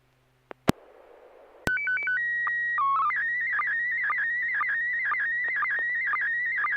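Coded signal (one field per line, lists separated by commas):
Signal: SSTV (slow-scan television)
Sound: burst of hiss, stepping beeps, steady tone, then warbling tones with regular blips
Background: radio squelch hiss, hum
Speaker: Bill November 6 whiskey lima mike you are first up are you ready to send something fabulous to us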